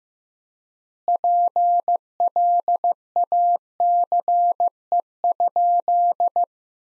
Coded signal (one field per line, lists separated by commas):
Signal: Morse code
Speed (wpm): 15 wpm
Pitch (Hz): 700 Hz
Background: none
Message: PLACE?